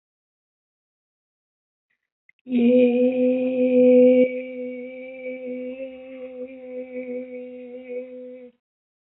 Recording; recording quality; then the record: sustained vowel as in made; excellent, no background noise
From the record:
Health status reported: healthy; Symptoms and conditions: none ticked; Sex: female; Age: 32 years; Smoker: not ticked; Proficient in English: yes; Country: India